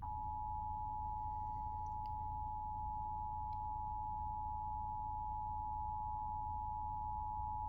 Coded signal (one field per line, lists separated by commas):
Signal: Emergency Alert System (SAME) tones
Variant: 853 and 960 Hz attention tone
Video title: eas svr Eas#159